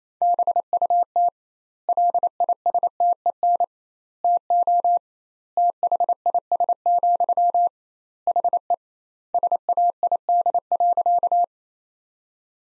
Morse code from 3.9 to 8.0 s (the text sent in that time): TO THIS,